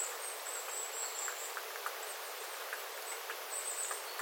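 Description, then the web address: Small birds trading thin, high, twittering calls in two short bursts, with faint ticking drips of water between them. Small flock of birds calling while water drips from the eaves after rain, 9 September 2025. "paivat 9 9 2025 pikkulintuparven aantelya vesi tippuu raystaalta sateen jalkeen"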